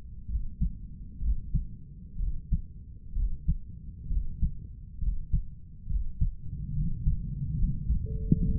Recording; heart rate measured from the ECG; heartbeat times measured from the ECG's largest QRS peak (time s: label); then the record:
heart sounds by stethoscope; 67 bpm
0.29 s: heartbeat
1.22 s: heartbeat
2.20 s: heartbeat
3.16 s: heartbeat
4.11 s: heartbeat
5.02 s: heartbeat
5.90 s: heartbeat
6.76 s: heartbeat
7.59 s: heartbeat
8.37 s: heartbeat
From the record:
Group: healthy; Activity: rest 0-4 s, breath hold 4-9 s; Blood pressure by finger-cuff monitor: 152/96 mmHg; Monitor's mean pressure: 112 mmHg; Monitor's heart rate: 66 bpm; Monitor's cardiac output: 7.3 L/min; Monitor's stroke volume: 110 mL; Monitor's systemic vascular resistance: 1150 dyn s/cm5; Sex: male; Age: 30 years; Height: 188 cm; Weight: 110.2 kg